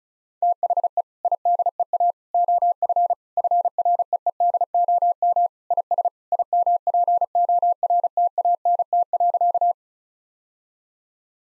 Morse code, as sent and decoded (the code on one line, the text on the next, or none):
- .... . / .. -.. . .- / --- ..-. / ..-. .-. . . -.. --- -- / .. ... / .. -- .--. --- .-. - .- -. - .-.-.-
THE IDEA OF FREEDOM IS IMPORTANT.